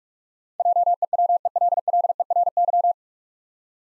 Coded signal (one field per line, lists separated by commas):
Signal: Morse code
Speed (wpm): 44 wpm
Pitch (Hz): 700 Hz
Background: none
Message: JEWELLERY